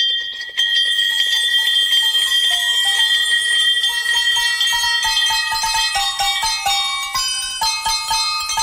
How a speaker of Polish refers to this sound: Słuchacie właśnie najradośniejszej kolędy na świecie. Złożonej z prawdziwych dzwonków zwycięstwa. Tych, które rozbrzmiewają w klinikach, kiedy ktoś pokonał raka.